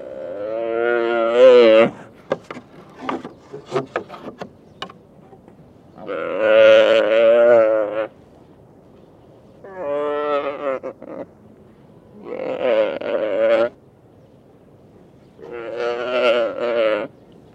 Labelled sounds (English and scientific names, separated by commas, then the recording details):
Mule Deer (Odocoileus hemionus)
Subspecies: hemionus
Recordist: Tembrock, Günter